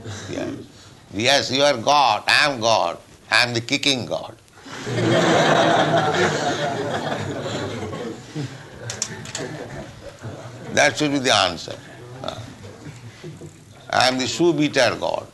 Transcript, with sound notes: Yes. "Yes, you are God, I am God. I am the kicking God." [laughter] That should be the answer. "I am the shoe-beater God.